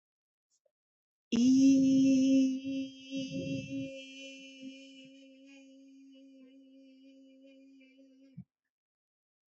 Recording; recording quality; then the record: sustained vowel as in beet; excellent, no background noise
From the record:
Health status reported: healthy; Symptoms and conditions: none ticked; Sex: female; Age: 22 years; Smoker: not ticked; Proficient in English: yes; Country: India